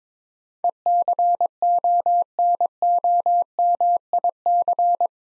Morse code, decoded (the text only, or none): ECONOMIC